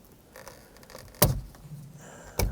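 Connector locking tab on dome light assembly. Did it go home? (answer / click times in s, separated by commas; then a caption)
released / 1.2 s. A pocket screwdriver pries out the plastic locking tab of the electrical connector on the old dome light assembly of a 2005-2010 Pontiac G6. After a few faint ticks, a sharp pop at 1.2 s marks the tab popping open and the connector being released, and another short knock follows at 2.4 s.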